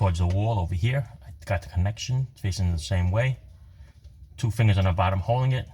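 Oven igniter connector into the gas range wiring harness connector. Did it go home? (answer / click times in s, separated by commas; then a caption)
no / none. Someone talks while holding the two halves of a plastic oven igniter wire connector with two fingers underneath, lined up facing the same way, ready to be pressed together with the thumb into the wiring harness connector of a Samsung FX710BGS gas range. The igniter is being replaced because the oven is not heating and shows code E08. Nothing has seated or clicked yet; the two side clips have not grabbed.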